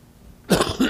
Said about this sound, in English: Oh, excuse me. You might pray for me concerning that cough.